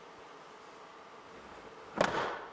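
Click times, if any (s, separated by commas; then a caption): 2.0 s. A Milwaukee Packout modular plastic toolbox is pressed down onto a mounting plate recessed about half an inch into a plywood mobile workbench, whose centers were chiseled out and cleaned up. After low steady background noise, one sharp snap lands at 2.0 s with a brief rattling tail as the toolbox seats and locks in place.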